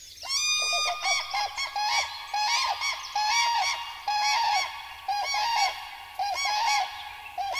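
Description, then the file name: Cranes trumpeting together, with loud bugled notes repeated about once a second by several overlapping birds throughout. "Kraniche"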